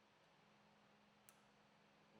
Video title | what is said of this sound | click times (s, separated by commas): RZR Pro R Spark Plug Service - Polaris RZR | Before continuing, verify that the connections are properly secured, ensuring they are clicked into place. | 1.3 s